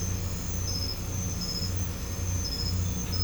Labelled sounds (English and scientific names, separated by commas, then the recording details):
none
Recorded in pastures near Puerto Asís, Putumayo, Colombia, on 21 December 2024 at 00:00
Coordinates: 0.505, -76.324
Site G063